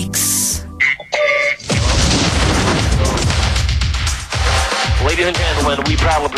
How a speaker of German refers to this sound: The Heterodyne High Quality Sound Recreation Explosion. For your personal diffusion process.